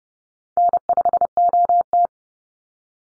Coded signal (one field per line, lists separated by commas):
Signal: Morse code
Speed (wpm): 30 wpm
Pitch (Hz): 700 Hz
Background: none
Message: N5OT